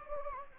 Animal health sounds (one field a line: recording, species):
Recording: mosquito wingbeat signal from an infrared sensor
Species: Anopheles gambiae